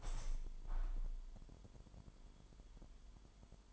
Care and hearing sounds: daily activity, microphone in the room; open window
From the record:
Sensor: 5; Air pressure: 998.7 hPa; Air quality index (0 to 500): 105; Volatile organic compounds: 2 ppm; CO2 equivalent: 1215 ppm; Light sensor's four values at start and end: 58/144/60/67 and 58/144/59/67

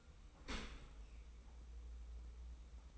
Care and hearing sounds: daily activity, microphone in the room; open dishwasher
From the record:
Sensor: 1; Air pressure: 990.5 hPa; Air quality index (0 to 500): 179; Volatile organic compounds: 1000 ppm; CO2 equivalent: 6597 ppm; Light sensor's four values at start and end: 26/60/25/28 and 25/60/25/28

